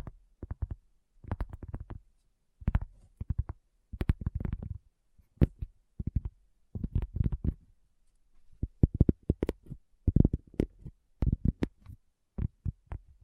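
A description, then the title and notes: Addictive tapping in quick clusters of sharp, crisp knocks, separated by short gaps of near silence. The taps come in irregular bursts about every second or two, each bunch holding several rapid hits with a low, hollow thump under a bright click. ASMR Addictive Tapping. (No Talking).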